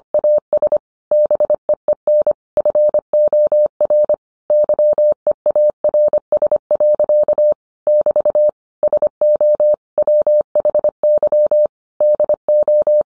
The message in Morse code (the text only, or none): AS BEEN FOR YEARS. <BT> SO WHY DO